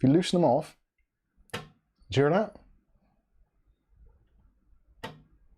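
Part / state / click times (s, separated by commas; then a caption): PC case screw into threaded hole / seated / 5.0 s. A PC case screw is turned backwards, loosening it in its threaded hole until its thread drops into engagement with the start of the mating thread so it can then be driven in properly. Someone talks, and a short sharp click is heard at 5.0 s as the thread seats.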